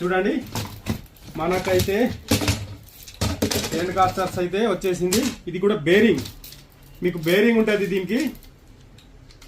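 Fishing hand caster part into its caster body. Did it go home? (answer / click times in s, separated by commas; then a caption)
yes / 9.4 s. A part of a fishing hand caster with a bearing is fitted into its caster body while someone talks. A small tick is heard at 9.4 s as the part locks in place.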